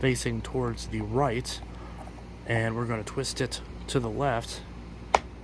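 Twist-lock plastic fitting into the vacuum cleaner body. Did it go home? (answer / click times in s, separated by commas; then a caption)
yes / 5.2 s. A plastic twist-lock part is lined up by its notches and grooves with its tab facing right, then twisted to the left into the body of a Bissell PowerForce Helix (3313) upright vacuum while someone talks. A sharp click at 5.2 s marks the part seating into place.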